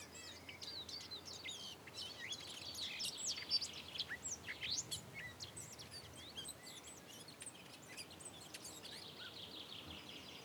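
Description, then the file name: Eurasian blackcap singing a busy run of sharp chirps and warbled notes, high-pitched and irregular, over a steady low background hiss. "Sylvia atricapilla"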